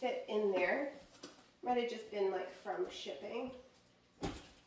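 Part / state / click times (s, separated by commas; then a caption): infant car seat into stroller adapter / seated / 4.2 s. Someone talks while lowering an infant bucket car seat onto the high adapter of a Stroll-air Twin Way stroller, an adapter that was a little tight, possibly from shipping. A sharp click is heard at 4.2 s as the car seat latches and seats into the adapter.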